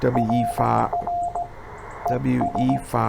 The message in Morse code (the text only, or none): RR ES